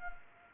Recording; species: mosquito wingbeat signal from an infrared sensor; Culex quinquefasciatus